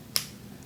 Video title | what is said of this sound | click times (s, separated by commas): Miniware ES15 Smart precision electric screwdriver | so you'll see once I put it here you'll hear a click | 0.2 s